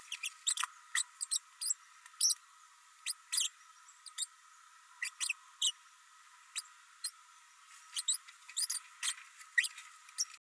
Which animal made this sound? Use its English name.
Green-rumped Parrotlet